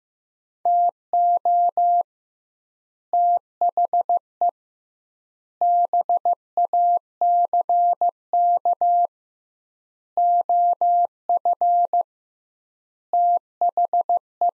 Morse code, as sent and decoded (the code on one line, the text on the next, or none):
- --- / - .... . / -... .- -.-. -.- / --- ..-. / - .... .
TO THE BACK OF THE